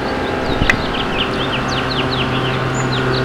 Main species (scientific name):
Haemorhous mexicanus